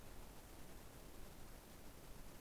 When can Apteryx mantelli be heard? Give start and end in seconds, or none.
none